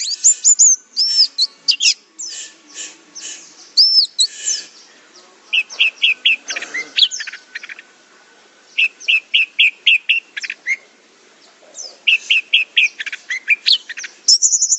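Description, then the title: Orange-headed thrush song: varied high warbling with looping whistles and clusters of rapid repeated chirps, ending in a fast shrill trill. "Anis Merah"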